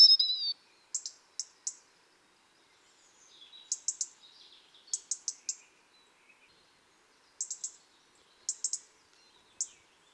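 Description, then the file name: European robin calls, crisp high ticking clicks given singly or in short runs of up to four, opening with a brief thin warbled note, otherwise quiet background. "Erithacus rubecula"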